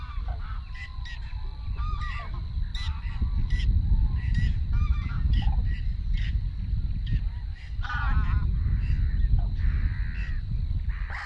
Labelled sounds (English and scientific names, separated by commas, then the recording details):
Whiskered Tern (Chlidonias hybrida) call
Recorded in the wild
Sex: group
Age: adult
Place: Warsow, Kummerower See, Mecklenburg-Vorpommern, DE
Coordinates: 53.8367, 12.8356
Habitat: wetland
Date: 2012-05-24 04:57
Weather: 8°C, sunny, weak winds from NE
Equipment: Sound Devices 702, Sennheiser MKH 70, Rycote Windschutz
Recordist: Frommolt, Karl-Heinz